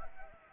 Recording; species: mosquito wingbeat signal from an infrared sensor; Anopheles arabiensis